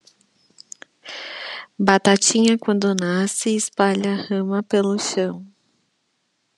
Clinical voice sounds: short text; Brazilian Portuguese; female; 30 to 39 years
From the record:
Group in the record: control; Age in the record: 34 years

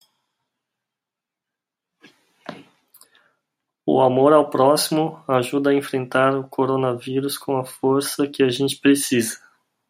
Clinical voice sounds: spoken sentence; Brazilian Portuguese; male; 30 to 39 years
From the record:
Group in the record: control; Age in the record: 37 years

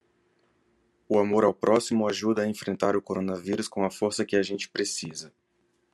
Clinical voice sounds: spoken sentence; Brazilian Portuguese; male; 30 to 39 years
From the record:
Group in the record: control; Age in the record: 38 years

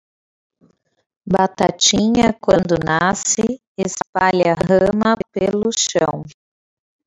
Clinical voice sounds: short text; Brazilian Portuguese; female; 30 to 39 years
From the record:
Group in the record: control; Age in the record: 38 years

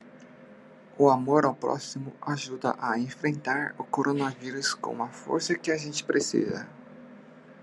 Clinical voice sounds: spoken sentence; Brazilian Portuguese; male; 50 to 59 years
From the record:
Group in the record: control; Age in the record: 52 years

